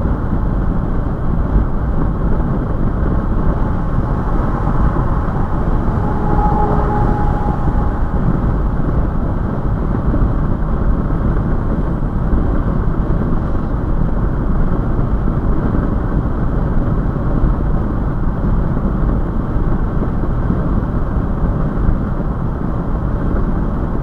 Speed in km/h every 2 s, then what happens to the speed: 116, 116, 116, 116, 116, 118, 118, 116, 118, 116, 118, 118.
0-24 steady at about 116.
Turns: none.